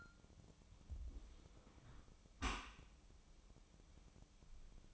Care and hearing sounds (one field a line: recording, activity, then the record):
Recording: daily activity, microphone in the room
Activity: close dishwasher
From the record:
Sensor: 1